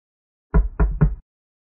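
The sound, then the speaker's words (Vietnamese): Three firm knocks on a room door in quick, even succession, each a dull low thud with a short ring after it, then silence. “Tiếng gõ cửa phòng vang lên.”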